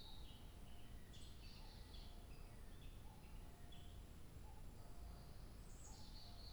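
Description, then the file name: Bird song mixing quick high chirps and trills with a lower whistled note repeated regularly, all over a steady low rumble. 2 July 2023. "birdsong 20230702"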